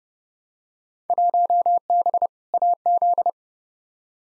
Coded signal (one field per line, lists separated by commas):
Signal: Morse code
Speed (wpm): 29 wpm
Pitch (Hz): 700 Hz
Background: none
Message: 1B AZ